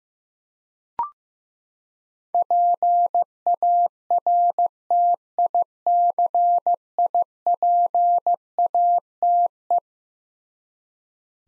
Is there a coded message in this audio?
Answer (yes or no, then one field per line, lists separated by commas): yes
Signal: Morse code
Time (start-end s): 2.3-9.8 s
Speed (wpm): 15 wpm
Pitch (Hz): 700 Hz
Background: none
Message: PARTICIPATE